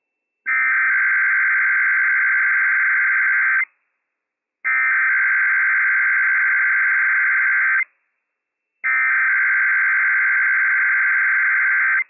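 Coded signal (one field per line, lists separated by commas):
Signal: Emergency Alert System (SAME) tones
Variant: header bursts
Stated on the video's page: Real Required Monthly Test from the Inland Northwest, carrying operational EAS tones.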